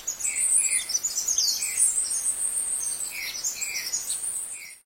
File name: canto da saira perola